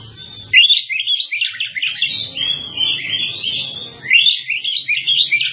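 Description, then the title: Java sparrow delivering a continuous stream of high, chattering twitters and warbled chirps, starting after a brief quiet moment, with a faint low hum. "kicau gelatik"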